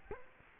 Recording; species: mosquito wingbeat signal from an infrared sensor; Culex quinquefasciatus